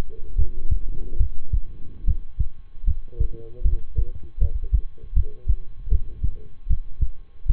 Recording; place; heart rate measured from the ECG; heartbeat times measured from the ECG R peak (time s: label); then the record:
heart sounds by stethoscope; between the tricuspid and mitral areas; 76 bpm
0.34 s: heartbeat
1.16 s: heartbeat
2.04 s: heartbeat
2.84 s: heartbeat
3.61 s: heartbeat
4.38 s: heartbeat
5.13 s: heartbeat
5.88 s: heartbeat
6.66 s: heartbeat
7.46 s: heartbeat
From the record:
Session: rest, lying down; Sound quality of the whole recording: good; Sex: male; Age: 23 years